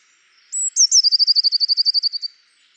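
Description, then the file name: Eurasian blue tit song: high thin lead-in notes followed by a fast, even trill, lasting under two seconds. "Cyanistes caeruleus"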